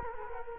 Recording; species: mosquito wingbeat signal from an infrared sensor; Culex quinquefasciatus